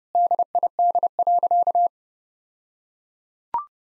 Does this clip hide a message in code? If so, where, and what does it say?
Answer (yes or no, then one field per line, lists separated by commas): yes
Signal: Morse code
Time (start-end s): 0.2-1.9 s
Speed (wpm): 30 wpm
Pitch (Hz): 700 Hz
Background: none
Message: DID.